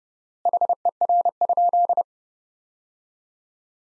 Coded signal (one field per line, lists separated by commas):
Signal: Morse code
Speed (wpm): 30 wpm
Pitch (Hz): 700 Hz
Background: none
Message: HER?